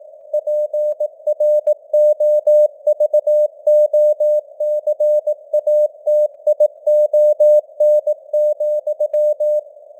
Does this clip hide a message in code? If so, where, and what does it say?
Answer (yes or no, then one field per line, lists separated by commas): yes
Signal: Morse code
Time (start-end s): 0.3-9.6 s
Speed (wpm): 18 wpm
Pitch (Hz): 600 Hz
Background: none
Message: PROVOCATION,